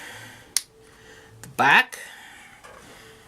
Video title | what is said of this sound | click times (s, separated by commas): Besteker 302SM Unboxing and Review | snaps right in here this long as | 0.6 s